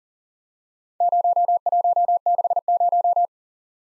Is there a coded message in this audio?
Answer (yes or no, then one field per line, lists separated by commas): yes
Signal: Morse code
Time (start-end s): 1.0-3.3 s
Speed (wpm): 41 wpm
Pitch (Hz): 700 Hz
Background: none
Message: 0160